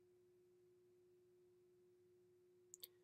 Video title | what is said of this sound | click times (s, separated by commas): Medtronic 5392 Dual Chamber Pacemaker | the cable goes in one way and makes sure it locks into place | 2.7 s, 2.8 s